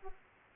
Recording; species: mosquito wingbeat signal from an infrared sensor; Aedes aegypti